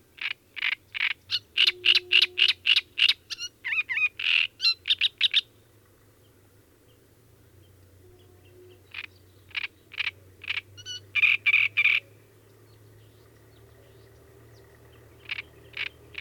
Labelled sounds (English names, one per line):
Great Reed Warbler song